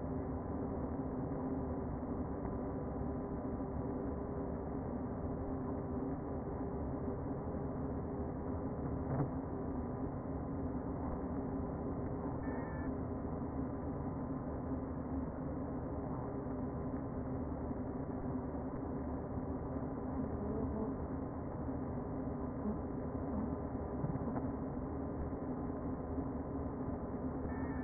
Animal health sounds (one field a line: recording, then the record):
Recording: honeybee colony, microphone inside the hive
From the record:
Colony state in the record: queen present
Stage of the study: before two queens were removed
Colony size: about 60,000 bees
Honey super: yes